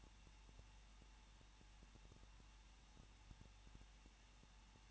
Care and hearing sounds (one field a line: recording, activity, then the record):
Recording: daily activity, microphone in the room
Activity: no activity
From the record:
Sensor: 1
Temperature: 20.1 degrees Celsius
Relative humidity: 39.2%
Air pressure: 1006.3 hPa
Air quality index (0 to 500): 217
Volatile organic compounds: 77 ppm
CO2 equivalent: 3578 ppm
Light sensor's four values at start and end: 1/2/1/1 and 1/2/1/1